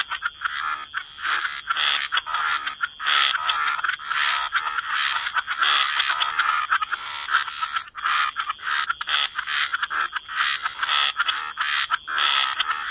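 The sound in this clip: Frog chorus of many overlapping croaks, rough and pulsing, keeping up a busy uneven rhythm throughout with no real pause.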